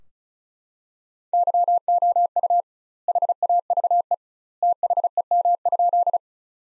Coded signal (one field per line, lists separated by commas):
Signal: Morse code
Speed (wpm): 34 wpm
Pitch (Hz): 700 Hz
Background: none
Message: YOU HAVE THEM?